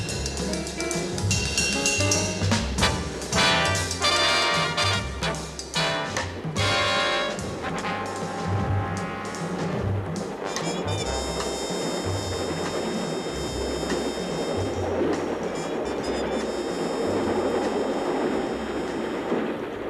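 A train travelling to London rolls steadily along the rails with a loud, rhythmic clickety-clack of wheels over a deep rumble, joined by high, sustained metallic squealing in the second half.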